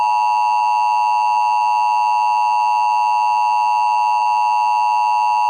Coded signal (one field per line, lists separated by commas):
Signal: Emergency Alert System (SAME) tones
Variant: 853 and 960 Hz attention tone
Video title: The Weather Machine | EAS Mock #23